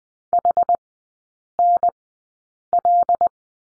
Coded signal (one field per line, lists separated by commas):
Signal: Morse code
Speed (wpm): 20 wpm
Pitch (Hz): 700 Hz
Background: none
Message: HNL